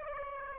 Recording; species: mosquito wingbeat signal from an infrared sensor; Aedes aegypti